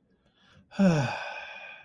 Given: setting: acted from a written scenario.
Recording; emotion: vocal sound without words; contentment